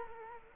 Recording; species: mosquito wingbeat signal from an infrared sensor; Culex quinquefasciatus